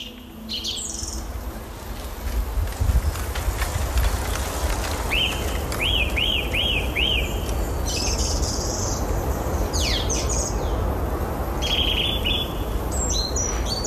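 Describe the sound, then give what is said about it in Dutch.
A song thrush sings its morning song at Muiderpoort station in the Dutch capital, clear, bright phrases repeating short whistled notes several times in a row, over a steady low rumble of background traffic, with a cyclist passing. “Daniel Brugge hoorde hoe bij station Muiderpoort een hoofdstedelijke zanglijster kraakhelder zijn ochtendlied ten gehoor bracht.”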